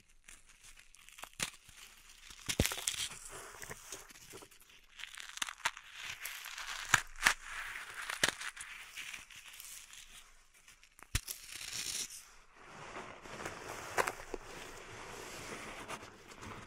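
Pink salt in a zen garden is raked and shifted with gritty, crinkly scraping, broken by sharp clicks every few seconds.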